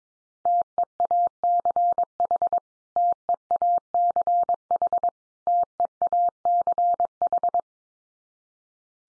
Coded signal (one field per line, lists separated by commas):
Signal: Morse code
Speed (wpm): 22 wpm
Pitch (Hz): 700 Hz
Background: none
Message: TEACH TEACH TEACH